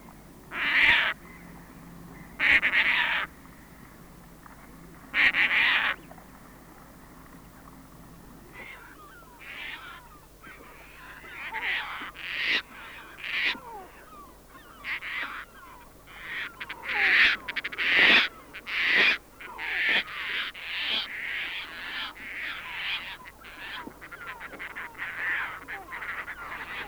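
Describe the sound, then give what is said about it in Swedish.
Harsh, raspy, croaking calls of a Caspian tern, several loud grating cries in irregular bursts, with a chattering run of rougher, overlapping calls in the second half. “Nu följer skräntärna.”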